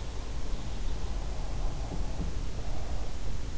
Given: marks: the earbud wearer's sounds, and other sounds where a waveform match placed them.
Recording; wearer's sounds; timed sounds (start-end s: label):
sounds in sleep by an in-ear microphone; breath
1.27-3.40 s: breath
1.91-2.41 s: sound from someone else or the room